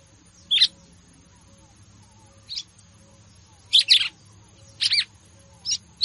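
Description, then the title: Red-cowled cardinal song: short, sharp, bright notes, single or paired, in several scattered bursts, over a faint steady high whine. Female bird; song described as 'batendo fogo' style. "Canto Galo Campina Fêmea. Galo de Campina batendo fogo"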